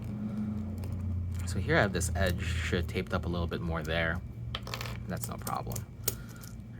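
A center edge piece is pushed into a 10x10/11x11 puzzle cube and guided underneath the neighbouring pieces while someone talks. It snaps into place with a sharp click at 6.1 s, and the piece is seated.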